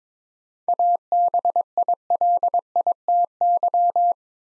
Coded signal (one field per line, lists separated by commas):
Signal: Morse code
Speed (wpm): 22 wpm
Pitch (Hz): 700 Hz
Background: none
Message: ABILITY